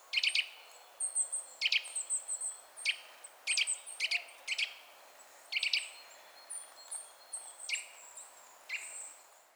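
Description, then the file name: Eurasian nuthatch calling with clipped, loud notes, often in quick pairs or triplets, alongside faint high-pitched whistled notes. "Sitta europaea"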